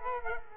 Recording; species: mosquito wingbeat signal from an infrared sensor; Culex quinquefasciatus